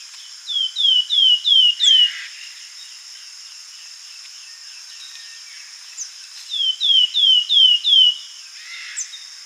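Slaty flycatcher giving two bursts of five quick, downslurred whistles several seconds apart, each ending in a rough note, with a continuous high-pitched droning background.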